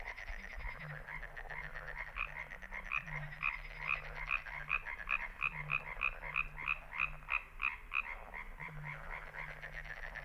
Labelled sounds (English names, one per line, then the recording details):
Common Tree Frog call
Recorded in the wild
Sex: male
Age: adult
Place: Kützerhof, Kummerower See, Mecklenburg-Vorpommern, DE
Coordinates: 53.85, 12.8586
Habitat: wetland
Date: 2009-05-04 23:11
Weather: heiter, fast windstill, 6°C
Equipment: Sound Devices 702, Sennheiser MKH 70, Rycote Windschutz
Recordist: Frommolt, Karl-Heinz